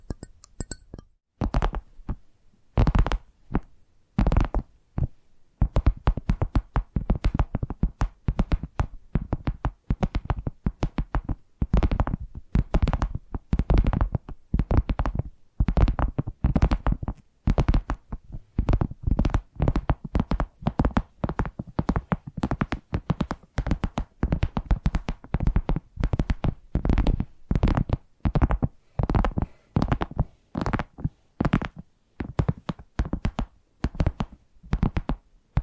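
Tapping triggers: rapid, crisp taps with dense clusters and brief gaps. The taps run unevenly fast through the whole 36 seconds, each a sharp click with a dull low thump beneath, sometimes quickening into bursts, with a faint low hum between hits.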